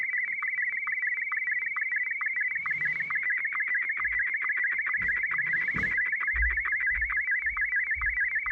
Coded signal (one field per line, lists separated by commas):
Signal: SSTV (slow-scan television)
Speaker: So, I think you can already tell what's going to happen when I start it.